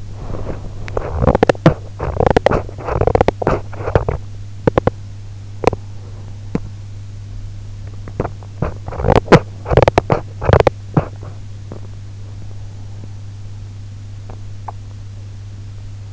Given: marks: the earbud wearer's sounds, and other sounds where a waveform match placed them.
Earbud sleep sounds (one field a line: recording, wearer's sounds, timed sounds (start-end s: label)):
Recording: sounds in sleep by an in-ear microphone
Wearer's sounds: teeth grinding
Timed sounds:
0.00-16.13 s: teeth grinding